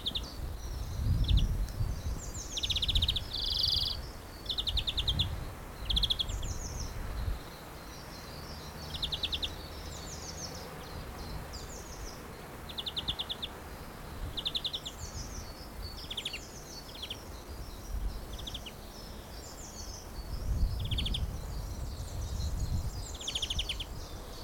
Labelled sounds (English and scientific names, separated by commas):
European Greenfinch (Chloris chloris)